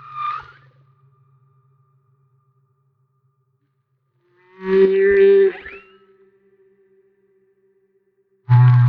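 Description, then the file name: Humpback whale sounds: a brief high note, then a rich harmonic groan after a long pause, and another loud unit starting at the close. Recorded off Maui. "Humpback Whale - Maui Whale One"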